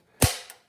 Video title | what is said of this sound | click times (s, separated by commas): The Best Portable Steel SawHorse On The Market! / Harbor Freight Bauer Heavy Duty SawHorse Review! | and you just press down on that and you can see the pay comes up and then you can and it locks in place | 0.2 s